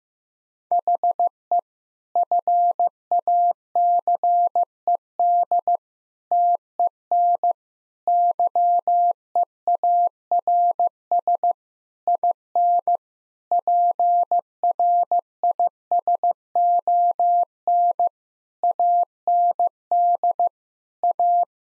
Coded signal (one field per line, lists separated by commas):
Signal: Morse code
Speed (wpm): 15 wpm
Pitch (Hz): 700 Hz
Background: none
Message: HE FACED TEN YEARS IN PRISON AND A